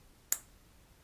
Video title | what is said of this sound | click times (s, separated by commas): How to Use Your AirPods Pro 3 : Step By Step Tutorial | You hear the click. This is it. | 0.3 s